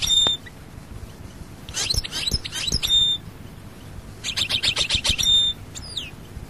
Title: Chant Chardonneret